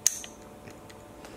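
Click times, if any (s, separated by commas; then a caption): none. Pulling up the rewind knob of a Canon AE-1 Program film SLR (the same on the AE-1) to release its latch gives a sharp, bright metallic click near 0.1 s, followed by a few faint small ticks at about 0.2, 0.7 and 1.2 s. On this first pull the hinged back door does not spring open; nothing has released or clicked open yet, and the knob has to be pulled a second time.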